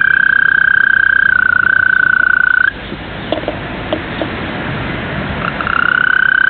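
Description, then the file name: European green toad singing a steady rolling trill that dips slightly in pitch, stops near three seconds, then starts again after a pause with faint background sounds. "Rospo smeraldino (Bufo viridis)"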